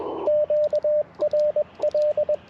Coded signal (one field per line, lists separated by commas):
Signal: Morse code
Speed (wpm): 21 wpm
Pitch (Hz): 600 Hz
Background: radio noise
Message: QRL